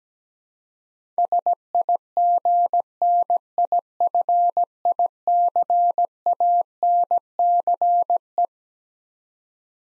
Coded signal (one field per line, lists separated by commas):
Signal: Morse code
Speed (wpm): 17 wpm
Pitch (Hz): 700 Hz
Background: none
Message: SIGNIFICANCE